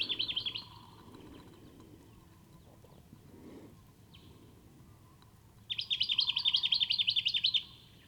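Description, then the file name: Jacky winter calls, a brief burst of rapid high chirps at the start, then a long pause with faint background, before a second fast, even run of repeated sweet notes. "Microeca Fascinans"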